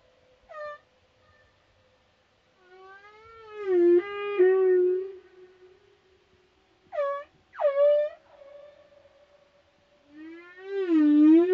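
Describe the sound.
Humpback whale calls, moaning tonal sounds with rich harmonics, rising and falling, with short upsweeping whoops in between.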